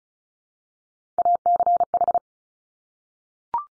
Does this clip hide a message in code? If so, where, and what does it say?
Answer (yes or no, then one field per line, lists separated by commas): yes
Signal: Morse code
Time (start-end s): 1.2-2.2 s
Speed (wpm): 36 wpm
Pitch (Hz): 700 Hz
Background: none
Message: ACH